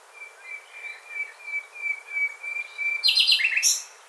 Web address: birddata Deverinetal 2025 File origin Bird Only Lu Me